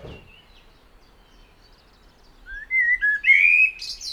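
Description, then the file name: Common blackbird warbles a fluted phrase that rises to a high thin squeak, after a brief rustle and a quiet stretch. "Turdus merula"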